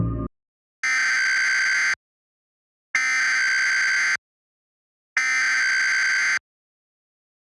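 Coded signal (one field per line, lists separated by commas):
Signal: Emergency Alert System (SAME) tones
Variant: header bursts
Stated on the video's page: Fictional EAS scenario, analog horror production.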